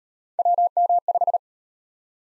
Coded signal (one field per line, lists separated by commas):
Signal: Morse code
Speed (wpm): 37 wpm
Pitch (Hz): 700 Hz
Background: none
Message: WM5